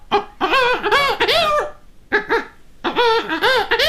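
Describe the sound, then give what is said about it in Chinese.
A vocal mimicry performer using circular breathing imitates clucking hens and a crowing rooster at once, combining several animal voices, with bursts of high, warbling harmonic calls broken by short pauses, loud and with no speech. “你比如说，老母鸡，是吧？它这种声音，用那个雄鸡的声音。”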